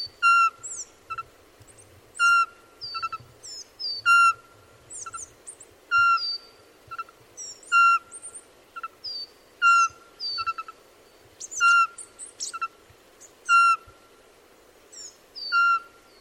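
Bird singing a long run of pure whistled tones mixed with rapid clipped notes and sharp high squeaks, the pattern recurring steadily throughout.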